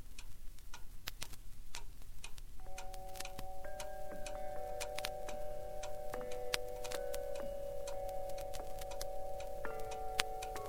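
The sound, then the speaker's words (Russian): Several clocks in a home full of various clocks tick at once, their sharp clicks overlapping in uneven rhythms, while a steady, mid-pitched ringing tone rises in after a few seconds and hangs beneath the ticking. “Поглядывая на своего внука Павла, который листает журналы на диване, пан Абель убирает в шкаф все имеющиеся в доме часы.”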